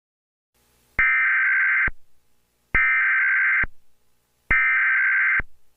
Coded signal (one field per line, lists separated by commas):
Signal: Emergency Alert System (SAME) tones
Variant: header bursts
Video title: EAS SCENARIO SPECIAL #1 - Flash Flood Getdown